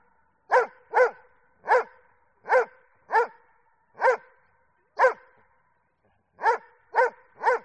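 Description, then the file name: Doberman barking steadily: about ten short barks spaced roughly half a second to a second apart, with a brief pause before the last three. "audio hero Dog Doberman"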